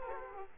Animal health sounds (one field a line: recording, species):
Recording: mosquito wingbeat signal from an infrared sensor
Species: Aedes aegypti